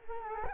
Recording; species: mosquito wingbeat signal from an infrared sensor; Culex quinquefasciatus